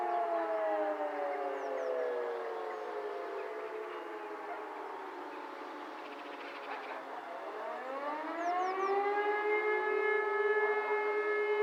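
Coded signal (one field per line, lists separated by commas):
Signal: siren signal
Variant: German Feueralarm, E57 siren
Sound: loud wailing siren with rich harmonics, pitch sags then climbs back to a steady howl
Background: outdoor ambience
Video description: Monatlicher Probealarm der Feuerwehrsirenen in Bornheim am 26. Februar 2022 um 11 Uhr mit dem Signal "Feueralarm".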